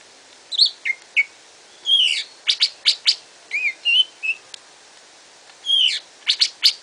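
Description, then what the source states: Greater green leafbird song with scattered whistled notes and sharp clicking bursts, a brief pause, then a loud rising whistle followed by quick clicks. Cage bird; masteran training song used to teach cage birds; gacor singing style.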